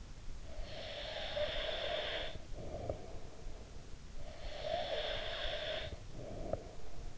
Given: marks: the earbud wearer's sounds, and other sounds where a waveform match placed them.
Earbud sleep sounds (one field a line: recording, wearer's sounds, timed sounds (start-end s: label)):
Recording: sounds in sleep by an in-ear microphone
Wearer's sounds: breath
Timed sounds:
0.41-7.18 s: breath